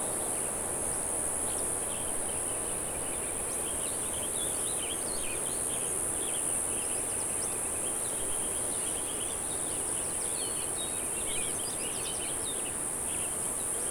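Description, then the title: Unbroken high cicada drone, even in pitch and loudness, over a soft background hiss and occasional thin bird notes. "neoscenes: cicadas"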